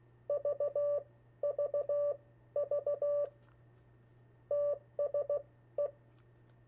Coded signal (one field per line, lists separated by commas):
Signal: Morse code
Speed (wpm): 16 wpm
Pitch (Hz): 580 Hz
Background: none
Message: VVV TSE